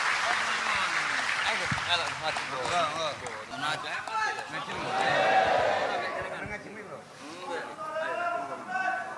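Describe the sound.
A crowd applauds steadily for about nine seconds as a speaker is invited up at a gathering, the clapping mixed with many overlapping voices, chatter and some laughter, swelling midway before easing off slightly.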